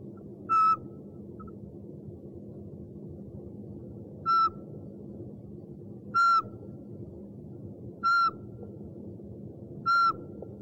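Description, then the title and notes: Owl producing five loud, short whistled toots, a long gap after the first and then about two seconds apart, above a continuous low droning background. One of 69 call variants from 11 owl species. "Sovy - Eulen - Owls. 69 variant hlasů - 11 druhů sov"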